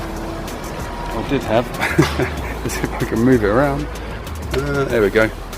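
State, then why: Not seated. The chin bar of a modular motorcycle helmet is being handled, moved toward the helmet shell latch that will lock it into place, while someone talks over a steady low background hum. Nothing has seated or clicked yet; the clip ends before the chin bar locks.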